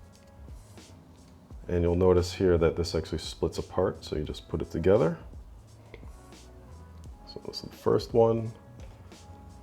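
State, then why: Not seated. A split plastic front-panel cable connector from a PC case is fitted back together by hand before going onto the motherboard header, with only faint, small handling ticks between stretches of speech. Someone talks throughout. Nothing has seated or clicked into the header yet.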